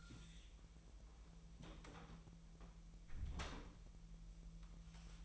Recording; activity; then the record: daily activity, microphone in the room; close door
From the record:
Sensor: 1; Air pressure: 1001.4 hPa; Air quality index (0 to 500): 249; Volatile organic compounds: 132 ppm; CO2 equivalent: 3940 ppm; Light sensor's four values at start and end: 8/19/7/7 and 8/20/8/8